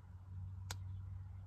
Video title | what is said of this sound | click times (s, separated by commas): New Rough Ryder reserve easy open razor, and swell center whittler in boxing and review. | hear that snappiness | 0.7 s